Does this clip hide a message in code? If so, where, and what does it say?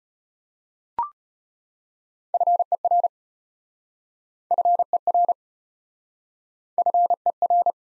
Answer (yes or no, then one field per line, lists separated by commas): yes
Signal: Morse code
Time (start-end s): 2.3-7.7 s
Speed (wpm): 33 wpm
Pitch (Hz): 700 Hz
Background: none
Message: FER FER FER